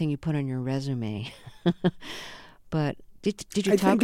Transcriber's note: laughter